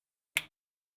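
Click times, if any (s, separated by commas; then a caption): 0.4 s. The LED wire hanging from a faucet is pushed into the side of a plastic solenoid assembly, and a single sharp click sounds at 0.4 seconds against otherwise silent surroundings. The connector is seated.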